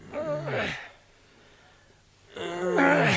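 Two loud, strained breathy vocal bursts as furniture movers gasp and groan with the effort of hard work, pushing a heavy furniture van off rails, separated by a short quiet pause, each with a harmonic, falling voiced tone.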